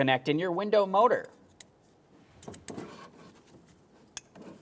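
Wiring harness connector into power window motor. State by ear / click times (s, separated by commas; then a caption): seated / 4.2 s. A wiring harness plug is pushed onto the rear power window motor of a 2006–2011 Honda Civic during a motor and regulator assembly replacement, after someone talks briefly. Light plastic handling noises follow, then a sharp click at 4.2 s as the connector seats, and it is confirmed secured.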